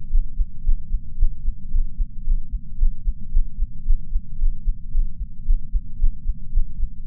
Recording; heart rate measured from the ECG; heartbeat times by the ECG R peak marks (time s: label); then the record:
heart sounds by patch sensor on the chest; 112 bpm
0.09 s: heartbeat
0.62 s: heartbeat
1.16 s: heartbeat
1.70 s: heartbeat
2.23 s: heartbeat
2.77 s: heartbeat
3.30 s: heartbeat
3.84 s: heartbeat
4.37 s: heartbeat
4.90 s: heartbeat
5.44 s: heartbeat
5.97 s: heartbeat
6.51 s: heartbeat
7.04 s: heartbeat
From the record:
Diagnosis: coronary artery disease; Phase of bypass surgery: postoperative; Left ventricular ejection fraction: 34.9%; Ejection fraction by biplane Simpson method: 32.7%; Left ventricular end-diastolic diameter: 59 mm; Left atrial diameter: 36 mm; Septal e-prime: 3 cm/s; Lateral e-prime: 7 cm/s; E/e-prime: 12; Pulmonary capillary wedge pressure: 12 mmHg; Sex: male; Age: 49 years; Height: 175 cm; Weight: 80 kg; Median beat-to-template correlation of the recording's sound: 0.90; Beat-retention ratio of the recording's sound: 0.99